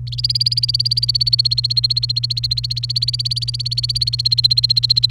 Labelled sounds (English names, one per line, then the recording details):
Domestic Canary song
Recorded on 29 April 2018 at 14:20
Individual llb3